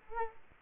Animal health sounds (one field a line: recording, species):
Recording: mosquito wingbeat signal from an infrared sensor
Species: Culex quinquefasciatus